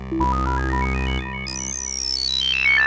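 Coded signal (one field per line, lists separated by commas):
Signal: none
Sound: synthesizer music notes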